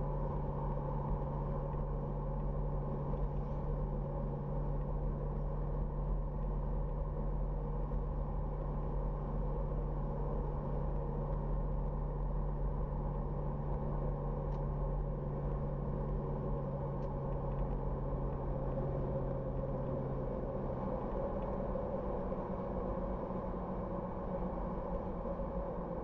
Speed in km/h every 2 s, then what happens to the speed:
90, 90, 90, 91, 91, 91, 91, 90, 89, 85, 83, 79, 74.
0-17 steady at about 90. 17-26 slows to 74.